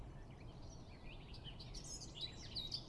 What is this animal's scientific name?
Sylvia atricapilla